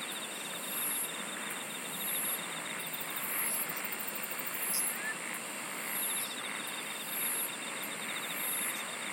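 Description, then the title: Insects chirring together: sharp high buzzes recur every second or so over a sustained ringing tone and a faint rapid pulsing trill. "SINGING OF INSECTS"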